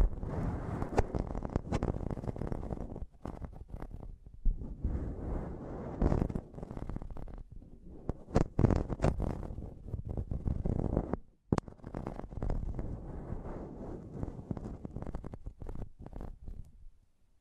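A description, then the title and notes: Rough scratching and tapping on a microphone, dense and low-heavy, with sharp knocks near 1, 6, 8.5 and 11 seconds. ASMR Intense Mic Tapping and Scratching Sounds (No Talking).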